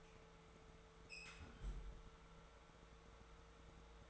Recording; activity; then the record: daily activity, microphone in the room; close fridge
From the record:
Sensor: 3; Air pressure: 1014.9 hPa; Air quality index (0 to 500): 199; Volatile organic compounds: 28 ppm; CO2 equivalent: 2904 ppm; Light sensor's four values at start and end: 11/26/10/11 and 11/26/10/11